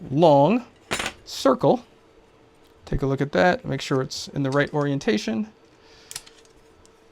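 Someone talks while handling a long circle-keyed plastic piece of a Starlink Mini stand, lining it up in the right orientation to slide onto the square and circle connectors of the frame. A few brief light clicks and taps come near the end, around 6.1 to 6.3 seconds. Nothing has seated or locked yet.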